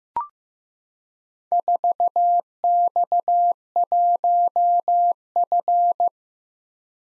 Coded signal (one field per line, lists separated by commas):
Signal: Morse code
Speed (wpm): 15 wpm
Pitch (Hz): 700 Hz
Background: none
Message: 4X1F